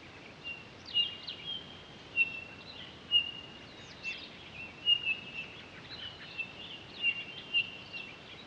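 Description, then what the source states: Townsend's solitaire repeating steady, pure whistled notes, spaced irregularly with faint higher chirps mixed in, against quiet steady background noise. Recorded on 23 October 2011.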